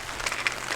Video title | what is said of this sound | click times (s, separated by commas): S&W M&P 2.0 10mm | it clicks into place like it actually feeds in there and clicks and holds solid | 0.5 s